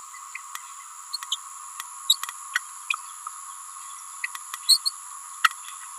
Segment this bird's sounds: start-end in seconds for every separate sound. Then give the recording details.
1.13-1.18, 1.31-1.37, 2.09-2.16, 2.54-2.59, 4.68-4.79, 4.85-4.92. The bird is a female. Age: 28 days. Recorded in a nest box in Venezuela. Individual 17B31A3